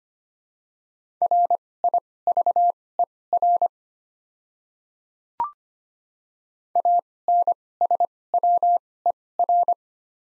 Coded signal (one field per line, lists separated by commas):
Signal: Morse code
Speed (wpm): 25 wpm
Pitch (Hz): 700 Hz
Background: none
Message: RIVER ANSWER